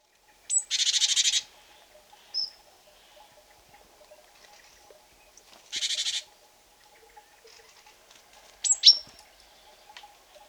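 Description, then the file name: Great tit calls: two loud, harsh, buzzing churrs several seconds apart, with a few sharp single notes between them and a faint steady hum beneath. "Parus major"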